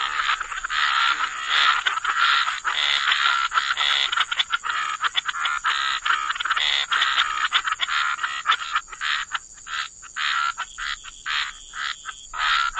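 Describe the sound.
Dense frog chorus, fast overlapping croaks that break into separate short bursts toward the end, above a constant hiss.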